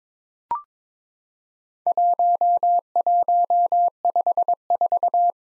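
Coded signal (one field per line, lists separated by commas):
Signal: Morse code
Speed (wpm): 22 wpm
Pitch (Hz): 700 Hz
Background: none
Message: 1154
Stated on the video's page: Simulated Worked All Europe DX Contest QTC exchange practice at 22 wpm, with random repeat requests, each exchange sent twice in Morse.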